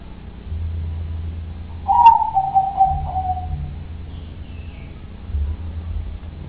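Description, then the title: Dove gives a single smooth coo that starts a little higher, then falls gradually and fades, against a continuous low-pitched hum. "Canto Da Pomba"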